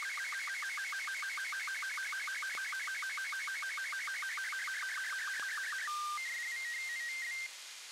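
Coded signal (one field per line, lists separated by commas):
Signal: SSTV (slow-scan television)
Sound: rapid warbling chirpy tones in a steady rhythm, ending in two held pitches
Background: radio static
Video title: RECEIVING SSTV FROM SATCOM SATELLITE, RTL-SDR, SDRSHARP. RX-SSTV, USA FLEETSATCOM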